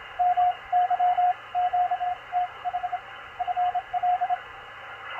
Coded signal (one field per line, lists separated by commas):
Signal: Morse code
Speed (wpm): 27 wpm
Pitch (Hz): 720 Hz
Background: radio noise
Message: MY QTH FL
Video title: DECODING MORSE CODE ON 20M - MACHILITE DSP SDR RECEIVER 9-16-2021